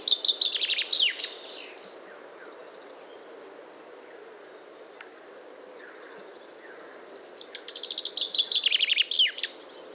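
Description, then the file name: Common chaffinch song: the end of one cascading phrase at the start, then quiet, then a second full song, accelerating downward trill with a flourished ending. "Fringilla coelebs"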